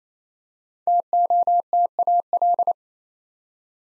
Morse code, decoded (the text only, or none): TOTAL